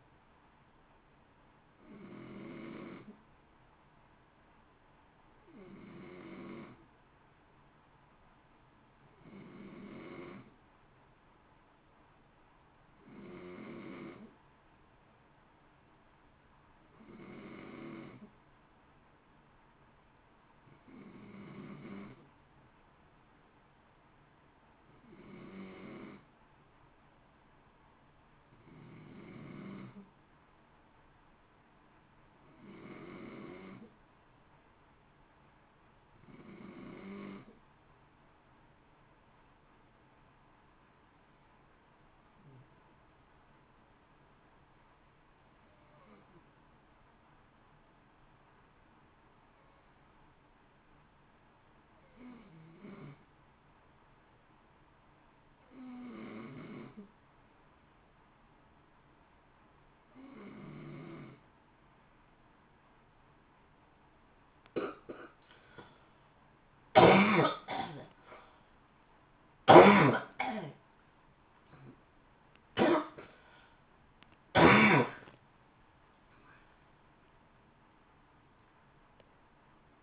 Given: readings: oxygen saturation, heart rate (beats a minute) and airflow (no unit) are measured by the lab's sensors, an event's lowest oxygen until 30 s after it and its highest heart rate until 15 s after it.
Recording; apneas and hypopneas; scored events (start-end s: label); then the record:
breathing in sleep by a voice recorder at the bedside; 1
51.00-68.30 s: hypopnea (N2, oxygen 93% highest, then 92% lowest, heart rate 57 at the start, 82 highest)
62.00-80.03 s: new sleep stage, awake
64.00-80.03 s: awake
From the record:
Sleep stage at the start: N2 (light sleep); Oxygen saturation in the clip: 91 to 93%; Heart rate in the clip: 54 to 80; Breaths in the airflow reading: 27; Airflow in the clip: -0.8 to 2.3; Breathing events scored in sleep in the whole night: 328 in 6.3 hours asleep